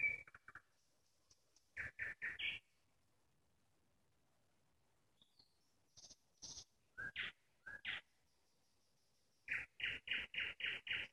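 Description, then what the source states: Nightingale song mixing throaty notes and high whistled notes, closing with six evenly spaced loud repeated notes. Nightingale singing in the Parus garden community, Moscow region (Podmoskovye).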